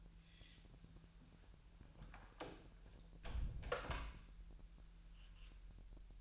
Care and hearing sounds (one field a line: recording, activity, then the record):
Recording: daily activity, microphone in the room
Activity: close door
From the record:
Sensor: 2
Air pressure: 1001.1 hPa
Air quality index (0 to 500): 249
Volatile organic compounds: 89 ppm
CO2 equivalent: 3675 ppm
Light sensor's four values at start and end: 10/24/10/10 and 10/24/10/10